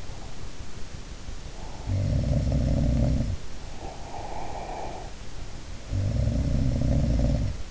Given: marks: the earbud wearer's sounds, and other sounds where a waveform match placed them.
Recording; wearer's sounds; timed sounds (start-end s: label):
sounds in sleep by an in-ear microphone; breath
0.01-2.16 s: breath
1.72-3.68 s: sound from someone else or the room
3.68-5.31 s: breath
5.72-7.71 s: sound from someone else or the room